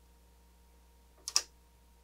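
A logic analyzer probe's plastic connector, facing up, is pushed into an oscilloscope's input port over a faint steady hum. Two short, sharp clicks ring out at 1.3 s and 1.4 s, the second louder. The connector is seated and the connection is confirmed.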